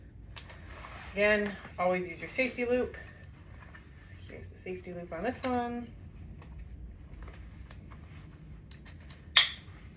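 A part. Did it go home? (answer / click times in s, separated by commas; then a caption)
yes / 9.4 s. Someone talks while the waistbelt of a Limas Flex baby carrier is threaded through its safety loop and its plastic side-release buckle is pushed into the mating buckle half, with a few faint clicks and rustles along the way. At 9.4 s the buckle snaps shut with a loud, sharp click, and the waist buckle is fully seated.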